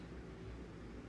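The priming lever on a reloading turret press is handled as it is pushed forward and down toward its click position. Only a steady, low rumbling broadband noise is heard, with no distinct sudden sounds. Nothing has clicked into place yet.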